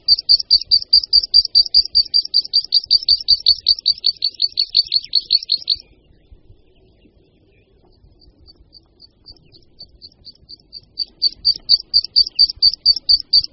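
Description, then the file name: Meadow pipit song, a fast high trill of repeated notes that stops abruptly, a pause with faint notes, then the rapid series resumes. "Linduška luční"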